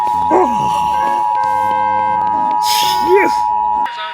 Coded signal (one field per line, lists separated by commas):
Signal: Emergency Alert System (SAME) tones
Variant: 853 and 960 Hz attention tone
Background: speech, music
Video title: EAS alarm part 2 #anabel #knd #mrbean #mj @lostepisodo666